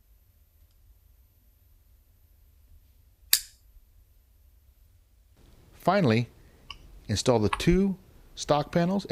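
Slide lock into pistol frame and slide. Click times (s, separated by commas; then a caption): 3.3 s. During reassembly of a Colt 1903 .38 ACP pocket pistol, the steel slide lock is inserted from the left side of the frame and slide and snaps into place easily without hammering. After near silence, a single sharp click at 3.3 s marks the lock seating. Someone then talks.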